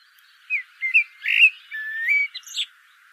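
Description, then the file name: Common blackbird song: a short run of mellow, fluted whistled notes, some rising and some falling, then a longer, nearly level note followed by a couple of short higher notes at the end. "Turdus merula"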